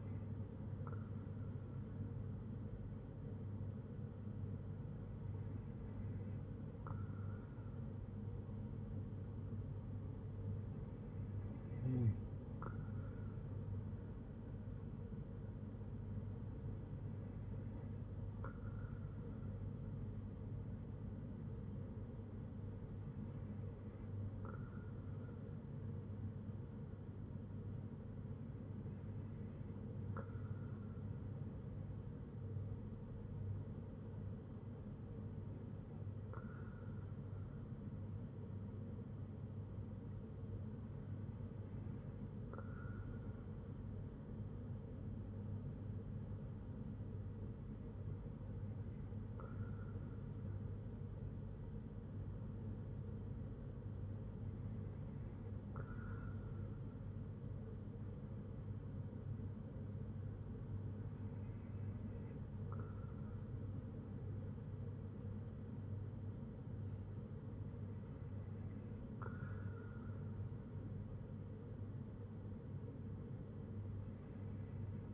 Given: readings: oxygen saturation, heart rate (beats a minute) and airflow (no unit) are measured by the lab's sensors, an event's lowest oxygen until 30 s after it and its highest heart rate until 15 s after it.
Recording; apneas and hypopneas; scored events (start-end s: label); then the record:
breathing in sleep by a smartphone at the bedside; none
none scored
From the record:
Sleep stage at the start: N2 (light sleep); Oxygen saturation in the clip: 94 to 95%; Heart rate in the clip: 60 to 65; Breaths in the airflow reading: 12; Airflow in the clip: -6.1 to 4.1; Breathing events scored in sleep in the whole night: 182 in 7.4 hours asleep